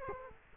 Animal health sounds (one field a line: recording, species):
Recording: mosquito wingbeat signal from an infrared sensor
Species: Culex quinquefasciatus